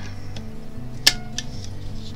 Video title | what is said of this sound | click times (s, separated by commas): Change the direction electric automotive cooling fan | once you hear that click you know you're good | 1.1 s